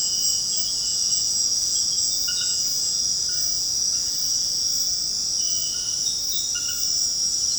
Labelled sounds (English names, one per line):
none